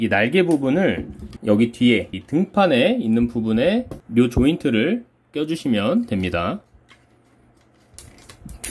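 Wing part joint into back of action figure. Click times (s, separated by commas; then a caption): 8.6 s. Someone talks while fitting the wing assembly's joint into the socket on the back of a ThreeA Transformers Bumblebee movie Blitzwing action figure. After the talking stops, a few small ticks and knocks follow as the part is pushed in. The loudest sharp snap at 8.6 s marks the joint seating.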